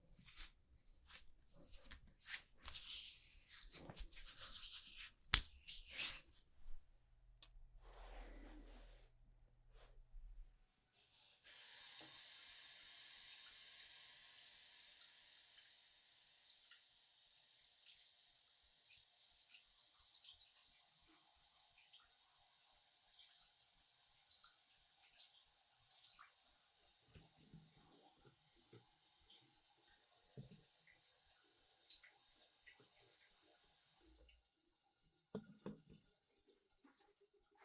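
Haircut and shampoo sounds: clattering handling and brief low rumbles, then running water hisses steadily from about 11 to 34 seconds, ending with scattered clicks.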